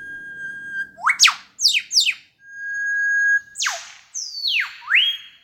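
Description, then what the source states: Superb Lyrebird imitating an eastern whipbird, then the real whipbird: a long steady whistle and several quick whip-crack sweeps, followed by another long whistle and steeply falling cracks. Male superb lyrebird of Australian forests imitating an eastern whipbird, followed by the whipbird itself; males sing to attract mates.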